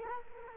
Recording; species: mosquito wingbeat signal from an infrared sensor; Culex quinquefasciatus